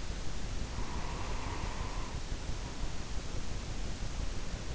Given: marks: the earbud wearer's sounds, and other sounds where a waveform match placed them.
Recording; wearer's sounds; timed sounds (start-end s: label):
sounds in sleep by an in-ear microphone; breath
0.64-3.16 s: breath